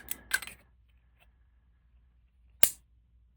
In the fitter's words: and you can you can hear it